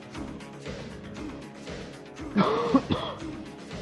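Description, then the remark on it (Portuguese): A sudden, sharp sneeze bursts out over a quieter, steady background, followed by a short breathy catch of air. It stands out loudly for under a second. “Saúde”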